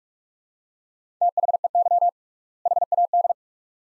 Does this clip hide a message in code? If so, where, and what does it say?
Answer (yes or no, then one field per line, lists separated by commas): yes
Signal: Morse code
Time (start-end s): 1.2-3.3 s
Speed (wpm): 42 wpm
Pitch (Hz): 700 Hz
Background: none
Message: THEY HAD